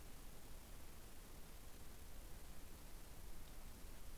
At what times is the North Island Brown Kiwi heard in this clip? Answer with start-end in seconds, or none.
none